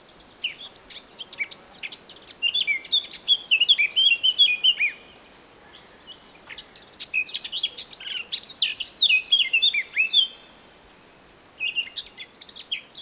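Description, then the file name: Eurasian blackcap giving three song bursts, the first two each starting with scratchy chatter and ending in loud, mellow fluted whistles. "Sylvia atricapilla"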